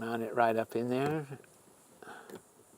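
An action-camera quick-release mount is handled and pushed up toward a base fixed on a minivan while someone talks over a steady high insect-like hiss. Two brief sounds follow at about 2.0 and 2.3 seconds, but nothing has seated or clicked into place yet.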